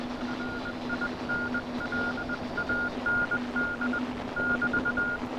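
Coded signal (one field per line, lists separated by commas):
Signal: Morse code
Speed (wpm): 20 wpm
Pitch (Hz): 1420 Hz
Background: music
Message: RINLAND <BT>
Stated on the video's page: CW contact on a homebuilt replica WW2 Paraset spy radio: one-tube transmitter, two-tube regenerative receiver.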